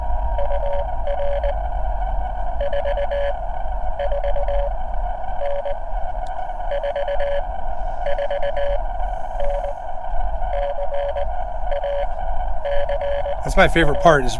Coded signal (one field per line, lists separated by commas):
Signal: Morse code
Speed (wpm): 20 wpm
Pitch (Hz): 570 Hz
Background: speech, radio noise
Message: UR 44N 44N CA CEA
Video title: My CW Journey: 5th Activation - uSDX+ Transceiver